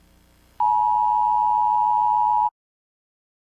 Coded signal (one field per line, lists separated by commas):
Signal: Emergency Alert System (SAME) tones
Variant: 853 and 960 Hz attention tone